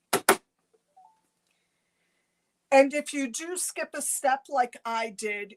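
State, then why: Not seated. A zigzag needle plate is being put onto a sewing machine, but it does not snap into place because a step was skipped, so nothing has seated or clicked yet. Two sharp knocks come at about 0.1 and 0.3 s, followed by a faint brief sound near 1.0 s and silence. From about 2.7 s, someone talks.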